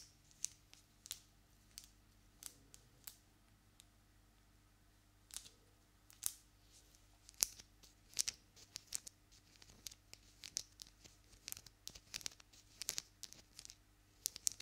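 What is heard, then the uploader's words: Long nails move and tap, making sharp little clicks and scratchy brushes that come in irregular bursts, sometimes a few per second, sometimes with short pauses. The clicks are bright and crisp over a quiet, steady low hum that runs throughout. ASMR Hands Sounds Movements Long Nails.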